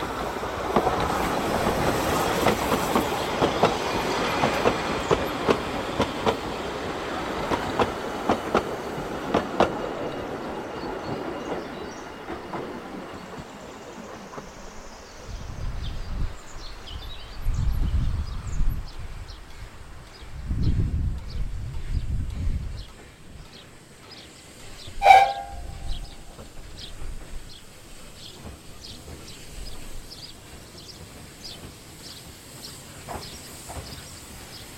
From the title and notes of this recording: Loco Sounds: Volume 1 - The Talyllyn Railway. Recorded By Luke Ryan. Sound Engineering By Tom Denham. Sounds and environments of the Talyllyn Railway.